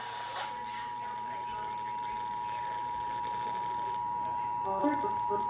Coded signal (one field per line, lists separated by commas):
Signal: Emergency Alert System (SAME) tones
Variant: 853 and 960 Hz attention tone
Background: speech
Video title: Child Abduction Emergency(2-17-2021) EAS #26